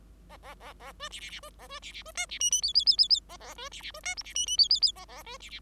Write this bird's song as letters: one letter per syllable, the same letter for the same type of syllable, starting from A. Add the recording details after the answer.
A A A A B C C C B A B C C B D C E E F F F F F A A B C C B D G C E E F F F A A B C C. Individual Bird5